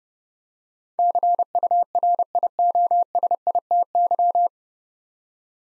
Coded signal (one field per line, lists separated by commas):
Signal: Morse code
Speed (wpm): 30 wpm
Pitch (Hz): 700 Hz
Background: none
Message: CURIOSITY